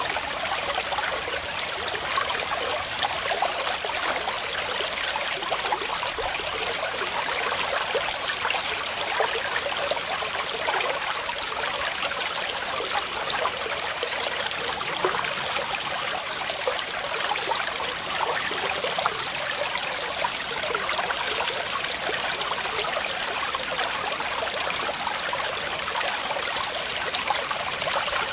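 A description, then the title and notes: A waterfall rushes without pause, a dense, even hiss of falling water concentrated in the bright upper range with little low rumble. The level holds steady for the whole half minute, with fine splashing texture and no separate events or background sounds. Waterfall Sounds For Sleeping.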